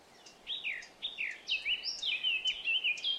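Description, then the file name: Eurasian blackcap song: two short descending notes, then a rapid run of loud clear whistles that loop up and down. "Sylvia atricapilla"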